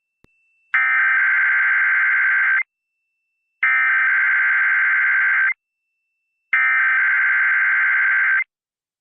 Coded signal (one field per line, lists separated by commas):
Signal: Emergency Alert System (SAME) tones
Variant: header bursts